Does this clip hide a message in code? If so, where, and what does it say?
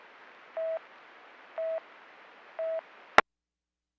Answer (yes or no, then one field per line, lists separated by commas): no